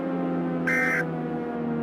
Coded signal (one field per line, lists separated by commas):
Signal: Emergency Alert System (SAME) tones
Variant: end-of-message bursts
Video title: EAS SCENARIO: Male Muto Attacks Los Angeles